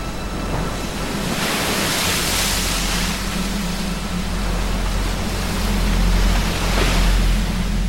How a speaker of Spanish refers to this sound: Y allí estuvimos durante más de una hora y media, sentados en un saliente, en un pequeño risco, contemplando el mar romper contra los picachos del rompeolas.